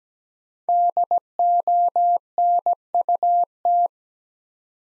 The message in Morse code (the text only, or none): DONUT